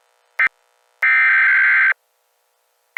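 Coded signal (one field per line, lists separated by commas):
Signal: Emergency Alert System (SAME) tones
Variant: header bursts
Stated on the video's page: Fictional EAS scenario made for fun; SAME tones possibly valid.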